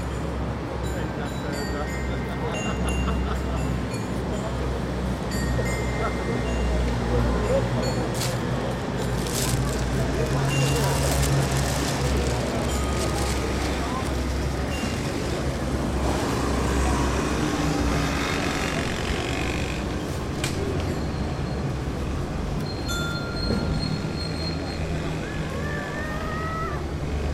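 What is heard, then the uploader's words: Dense, steady traffic rumble fills the whole recording with a low hum, while voices of people and children chatter throughout. Brief bright tones from the dance chimes ring out now and then, with a rising chirpy sound near the end. Kinderen spelen op de Muziek Tegels voor ijssalon Florencia in Den Haag. Kids playing on the Dance Chimes in front the ice-cream parlor Florencia in Den Haag. And of course a lot of traffic, people and some pigeons.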